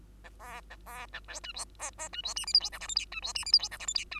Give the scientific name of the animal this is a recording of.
Lonchura striata domestica